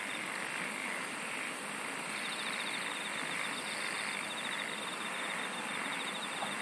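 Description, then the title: Insects singing: a very high pulsed trill at first, then a lower rapid trill follows over a steady hissing chorus. "SINGING OF INSECTS"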